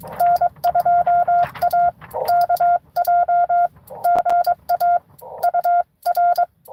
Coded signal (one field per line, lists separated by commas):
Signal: Morse code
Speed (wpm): 21 wpm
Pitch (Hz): 700 Hz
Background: none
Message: N2AKJ GA UR